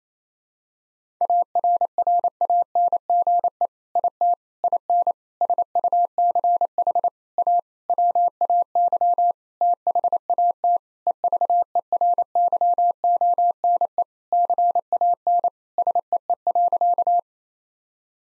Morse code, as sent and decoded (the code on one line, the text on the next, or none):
.- .-. .-. .- -. --. . / .. - / .. -. / ... ..- -.-. .... / .- / .-- .- -.-- / - .... .- - / . ...- . .-. -.-- --- -. . / -.-. .- -. / ... . . .-.-.-
ARRANGE IT IN SUCH A WAY THAT EVERYONE CAN SEE.